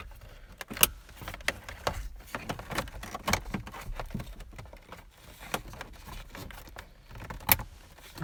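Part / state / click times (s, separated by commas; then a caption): three connectors seating on the instrument cluster / seated / 0.8 s, 1.5 s, 7.5 s. Three connectors on the instrument cluster of a 1998-2002 sixth-generation Honda Accord are pushed all the way down during reinstallation after the display removal for an odometer backlight fix. Sharp clicks are heard at 0.8 s, 1.5 s and 7.5 s among softer handling rattles. All three connectors seat.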